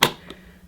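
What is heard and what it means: A motor filter housing on a Sebo X7 Automatic Excel Plus vacuum cleaner is reassembled from the top and pushed down into the vacuum body until it clicks. A sharp, bright click lands at 0.0 s, followed by a much fainter tick at 0.3 s over a low hum. The filter housing is seated.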